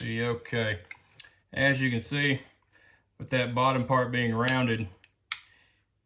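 Someone talks while moving an aftermarket metal slide stop lever with a thumb rest, fitted in a 1911/2011-style pistol frame with the slide on. A sharp metallic click sounds at 5.3 s as the lever snaps into position, its rounded bottom edge giving a more positive click than a flat standard slide stop.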